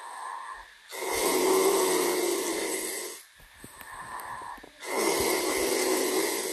Snoring ASMR. So today is snoring. I find it very relaxing to hear snoring noise to fall asleep.